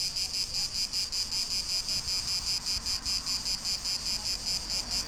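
Cricket calling in a steady rhythm of bright, high-pitched chirps, roughly two to three per second, evenly spaced over a soft low background noise.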